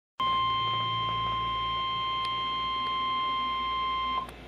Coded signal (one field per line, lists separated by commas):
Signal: Emergency Alert System (SAME) tones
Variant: 1050 Hz attention tone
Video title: Severe Thunderstorm Warning (EAS #179)